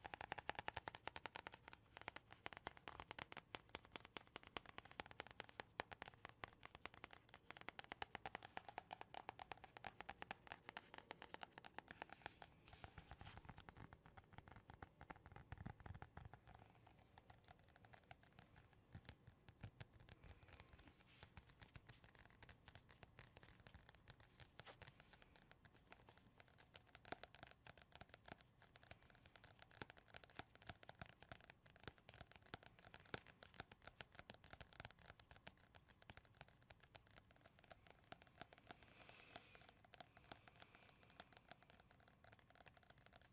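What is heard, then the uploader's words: Dense tapping and scratching on wood, cork and cardboard, with rapid clicks and crackly scrapes packed tightly throughout. The first fifteen seconds are louder and fuller, with dull knocks beneath the crisp taps; afterward the sounds turn lighter and scratchier at a steady pace. ASMR tapping and scratching (no talking) wood cork cardboard.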